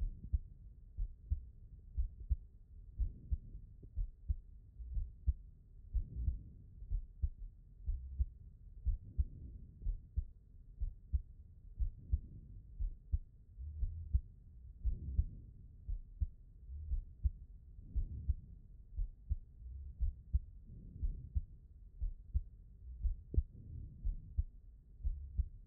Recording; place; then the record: heart sounds by stethoscope; pulmonary valve (PV)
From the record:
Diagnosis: non-HFrEF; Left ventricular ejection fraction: 65%